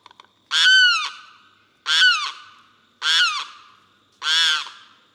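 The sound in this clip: Limpkin giving loud, wailing harmonic cries, four a little over one second apart, each trailing off.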